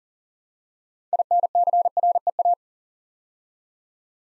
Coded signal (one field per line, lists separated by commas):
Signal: Morse code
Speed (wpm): 40 wpm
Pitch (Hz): 700 Hz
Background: none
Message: INCREA